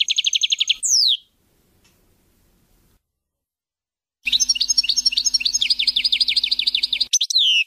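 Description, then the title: European goldfinch song: a brief tinkling phrase and a downslurred note, a pause, then a long rapid rippling twitter over a faint low hum. "Chant Chardonneret"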